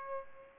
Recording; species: mosquito wingbeat signal from an infrared sensor; Aedes albopictus